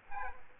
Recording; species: mosquito wingbeat signal from an infrared sensor; Aedes aegypti